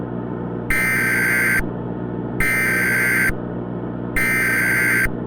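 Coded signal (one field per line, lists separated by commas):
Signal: Emergency Alert System (SAME) tones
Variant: header bursts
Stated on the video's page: Fictional street lights scenario, remastered.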